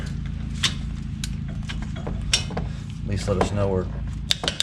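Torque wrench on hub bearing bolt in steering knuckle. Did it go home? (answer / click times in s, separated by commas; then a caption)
yes / 4.3 s. A torque wrench set to 100 ft-lb tightens the upper hub bearing bolt into the steering knuckle on a 2004-2015 Nissan Titan, with a steady low hum underneath and someone talking. A sharp click is heard at 4.3 s, confirming the wrench clicked at its setting, and a few more clicks and knocks follow.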